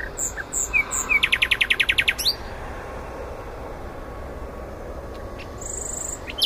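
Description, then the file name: Common nightingale song: a few high chirps, then a fast run of about ten sharp repeated notes, a pause, and a thin high whistle near the end. "Luscinia megarhynchos"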